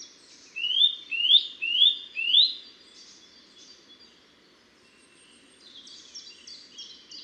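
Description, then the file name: Eurasian nuthatch calls: four ringing rising whistles in the first few seconds, then faint high chirps. "Sitta europaea"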